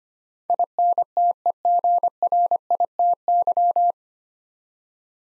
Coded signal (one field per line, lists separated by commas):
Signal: Morse code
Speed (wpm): 25 wpm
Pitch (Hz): 700 Hz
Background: none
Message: INTEGRITY